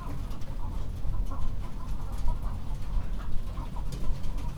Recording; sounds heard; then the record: poultry house recording; healthy chickens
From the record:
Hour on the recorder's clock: 22